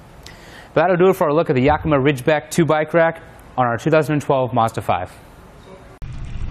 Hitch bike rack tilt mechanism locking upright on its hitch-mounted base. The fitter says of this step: just push it back up when you're done and you hear it lock into place but